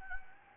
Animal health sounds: mosquito wingbeat signal from an infrared sensor; Anopheles gambiae

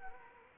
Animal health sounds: mosquito wingbeat signal from an infrared sensor; Anopheles arabiensis

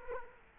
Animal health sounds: mosquito wingbeat signal from an infrared sensor; Culex quinquefasciatus

